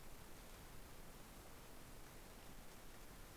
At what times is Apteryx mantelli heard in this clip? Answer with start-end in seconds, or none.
none